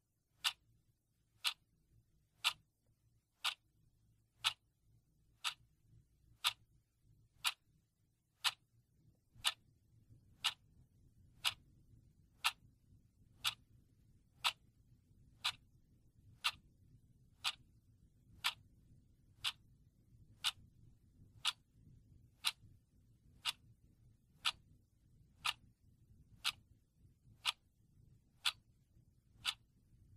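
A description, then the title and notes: A clock ticks sharply and evenly, roughly twice per second, with a low hum rising in the background after about ten seconds. Clock Ticking For One Hour.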